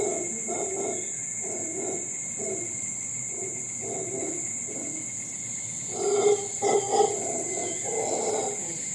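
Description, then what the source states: Howler monkey uttering a series of short, rough grunts, building into louder roaring bursts near the end, with a constant insect drone behind. Howler monkeys recorded in Costa Rica, with insects also sounding.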